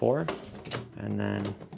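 The telescoping aluminum trolley handle of a carry-on suitcase is being handled, cycled through its height settings before it is pushed back down into the suitcase shell, while someone talks throughout. A brief sharp sound comes right at the end of the clip, but the handle has not yet locked or clicked into place.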